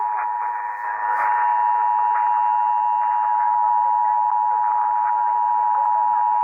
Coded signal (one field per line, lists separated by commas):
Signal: Emergency Alert System (SAME) tones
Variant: 853 and 960 Hz attention tone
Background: speech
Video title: EAS #60/65 - Illinois Required Monthly Test - Oct 4, 2022